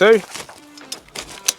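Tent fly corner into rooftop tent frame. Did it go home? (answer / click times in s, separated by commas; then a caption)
yes / 1.5 s. Someone talks at the start while a corner of a SAN HIMA Alpine rooftop tent's fly is pushed up into the tent frame. After a few faint knocks and rustles, a sharp click at 1.5 s marks the corner seating into place.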